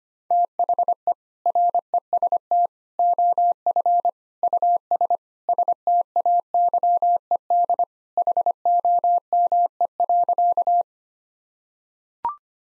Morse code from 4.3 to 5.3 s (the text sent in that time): US